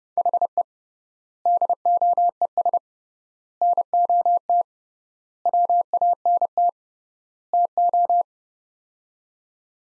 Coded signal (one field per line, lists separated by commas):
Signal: Morse code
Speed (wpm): 32 wpm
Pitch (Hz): 700 Hz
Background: none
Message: HE DOES NOT WANT TO